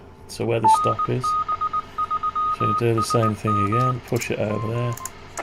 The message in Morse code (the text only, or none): NB3SM